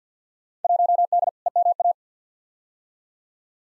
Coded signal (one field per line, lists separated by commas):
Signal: Morse code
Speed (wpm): 50 wpm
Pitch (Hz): 700 Hz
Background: none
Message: 1D EMA